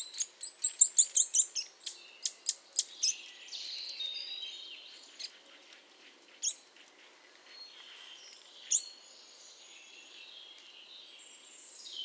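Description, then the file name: Eurasian nuthatch calls: a fast run of sharp, high notes that slows and fades over the first three seconds, then scattered single notes among softer, thinner bird sounds. "Sitta europaea"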